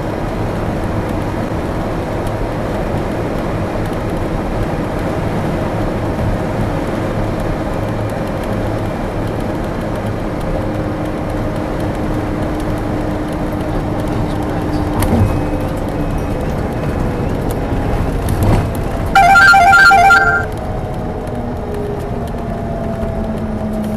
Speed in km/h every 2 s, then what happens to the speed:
98, 98, 96, 96, 95, 94, 93, 90, 84, 77, 72, 66.
0-13 steady at about 96. 13-24 slows to 66.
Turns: none.